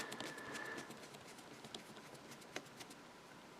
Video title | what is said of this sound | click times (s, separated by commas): Stage 73! Enterprise D Build Fanhome Book 19 Star Trek Next Generation | okay I may have just stripped that one out | none